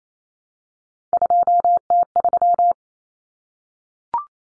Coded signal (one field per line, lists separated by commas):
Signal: Morse code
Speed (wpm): 28 wpm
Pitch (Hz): 700 Hz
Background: none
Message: 2T3